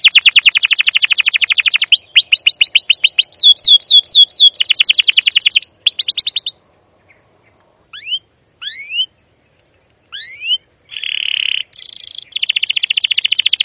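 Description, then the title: Canary song: fast trilled chirps and rolling upslurred notes, a quiet stretch with a few rising whistles, then a buzzy trill and renewed rapid chirping. Used as a lure recording to train young canaries to sing; long, lively chirping song style. "CUIT CUIT NGEROL LANGSUNG GACOR PANJANG Kenari Ini AMPUH Utk Pancingan KENAR. PANCINGAN Kenari GACOR PANJANG Cuit CUIT EMOSI ini AMPUH utk MASTERAN Kenari PAUD belajar BUNYI"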